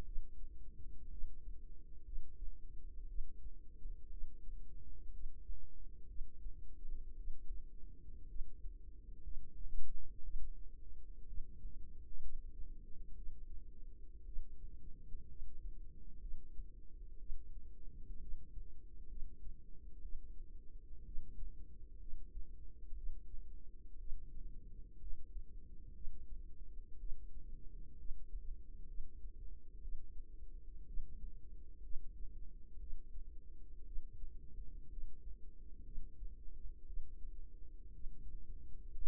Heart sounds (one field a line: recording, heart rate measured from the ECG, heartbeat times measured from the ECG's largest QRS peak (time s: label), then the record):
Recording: heart sounds by microphone in the right ear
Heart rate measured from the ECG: 60 bpm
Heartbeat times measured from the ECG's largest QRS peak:
0.03 s: heartbeat
1.08 s: heartbeat
2.03 s: heartbeat
3.06 s: heartbeat
4.09 s: heartbeat
5.10 s: heartbeat
6.06 s: heartbeat
7.15 s: heartbeat
8.26 s: heartbeat
9.21 s: heartbeat
10.21 s: heartbeat
11.25 s: heartbeat
12.19 s: heartbeat
13.14 s: heartbeat
14.24 s: heartbeat
15.26 s: heartbeat
16.19 s: heartbeat
17.17 s: heartbeat
18.18 s: heartbeat
19.07 s: heartbeat
20.00 s: heartbeat
21.03 s: heartbeat
21.98 s: heartbeat
22.94 s: heartbeat
23.97 s: heartbeat
24.97 s: heartbeat
25.92 s: heartbeat
26.97 s: heartbeat
27.96 s: heartbeat
28.85 s: heartbeat
29.80 s: heartbeat
30.84 s: heartbeat
31.80 s: heartbeat
32.78 s: heartbeat
33.84 s: heartbeat
34.88 s: heartbeat
35.83 s: heartbeat
36.85 s: heartbeat
37.91 s: heartbeat
38.92 s: heartbeat
From the record:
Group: healthy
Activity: rest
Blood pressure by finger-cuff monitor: 88/60 mmHg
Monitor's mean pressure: 69 mmHg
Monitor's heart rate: 60 bpm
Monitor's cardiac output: 4.4 L/min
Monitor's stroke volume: 73 mL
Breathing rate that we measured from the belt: 18 breaths a minute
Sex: female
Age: 36 years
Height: 163 cm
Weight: 88 kg